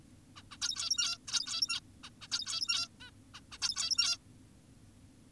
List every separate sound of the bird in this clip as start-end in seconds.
0.36-0.42, 0.51-0.57, 0.62-1.18, 1.28-1.80, 2.04-2.10, 2.22-2.28, 2.32-2.88, 3.00-3.10, 3.35-3.40, 3.52-3.58, 3.62-4.18